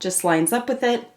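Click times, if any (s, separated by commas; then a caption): none. A lipstick refill bullet is being lined up with the small base inside a refillable lipstick case while someone talks. Nothing has seated or clicked yet.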